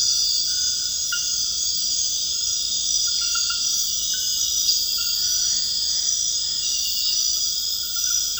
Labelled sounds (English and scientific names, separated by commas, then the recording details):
none
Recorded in dense forest near Puerto Asís, Putumayo, Colombia, on 18 February 2024 at 23:30
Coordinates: 0.485, -76.325
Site G6429